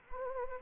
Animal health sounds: mosquito wingbeat signal from an infrared sensor; Anopheles arabiensis

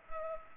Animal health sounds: mosquito wingbeat signal from an infrared sensor; Culex pipiens

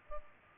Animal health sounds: mosquito wingbeat signal from an infrared sensor; Culex pipiens

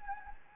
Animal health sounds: mosquito wingbeat signal from an infrared sensor; Anopheles gambiae

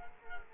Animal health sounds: mosquito wingbeat signal from an infrared sensor; Culex quinquefasciatus

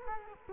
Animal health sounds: mosquito wingbeat signal from an infrared sensor; Culex quinquefasciatus

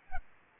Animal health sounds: mosquito wingbeat signal from an infrared sensor; Aedes albopictus

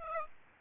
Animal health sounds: mosquito wingbeat signal from an infrared sensor; Aedes aegypti

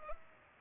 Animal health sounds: mosquito wingbeat signal from an infrared sensor; Culex pipiens

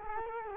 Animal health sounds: mosquito wingbeat signal from an infrared sensor; Culex quinquefasciatus

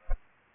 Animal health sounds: mosquito wingbeat signal from an infrared sensor; Culex pipiens

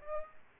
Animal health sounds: mosquito wingbeat signal from an infrared sensor; Aedes aegypti

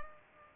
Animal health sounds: mosquito wingbeat signal from an infrared sensor; Culex pipiens

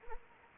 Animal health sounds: mosquito wingbeat signal from an infrared sensor; Anopheles arabiensis

